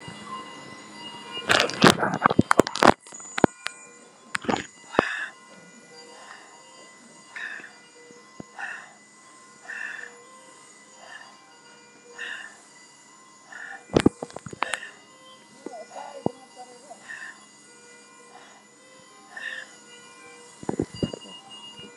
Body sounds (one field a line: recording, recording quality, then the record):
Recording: shallow breathing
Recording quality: excellent, no background noise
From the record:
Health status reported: COVID-19 positive, moderate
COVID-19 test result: positive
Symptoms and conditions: cough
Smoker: not ticked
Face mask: worn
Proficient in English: yes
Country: India